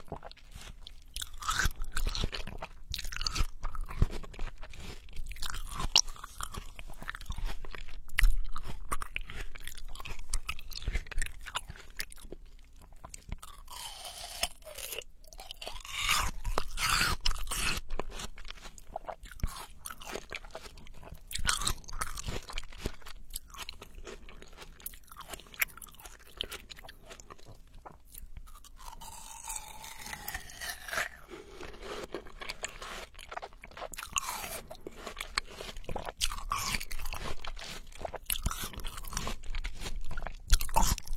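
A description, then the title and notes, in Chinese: Someone eating watermelon, with wet, crunchy bites and chewing. Dense clusters of juicy crunches and smacking sounds go on without a break for the whole time. Slurping sounds rise and fall around 15 and 29 seconds. 吃西瓜。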